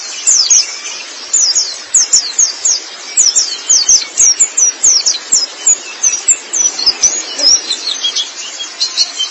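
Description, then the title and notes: White-eye singing a lively run of very high, sharp downward-slurred chips in uneven bursts. Long-duration recording of chirping song (kicauan). "Kicauan Burung Pleci Durasi Panjang. Suara kicauan burung pleci"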